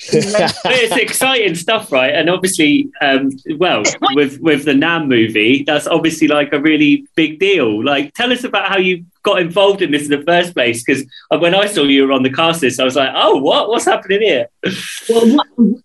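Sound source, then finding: Interviewer. Normal speech.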